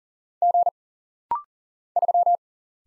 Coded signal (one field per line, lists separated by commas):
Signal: Morse code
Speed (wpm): 39 wpm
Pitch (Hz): 700 Hz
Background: none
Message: G 3